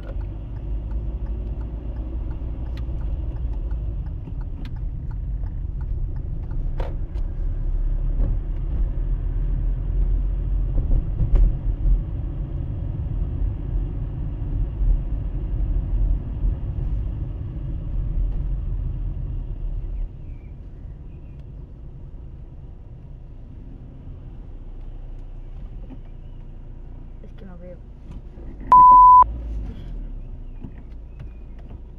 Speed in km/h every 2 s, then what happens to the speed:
13, 15, 13, 15, 19, 22, 23, 24, 23, 20, 13, 9, 0, 0, 2, 0.
0-5 steady at about 13. 5-11 speeds up to 23. 11-17 steady at about 23. 17-24 slows to 0. 24-32 standing.